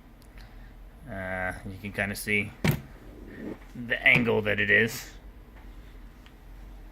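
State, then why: Not seated. A SO-DIMM memory module sits at an angle in the memory slot of an Acer Aspire E 15 E5-575-33BM laptop while someone talks. It has not yet been pushed down into the latches, and nothing has seated or clicked yet.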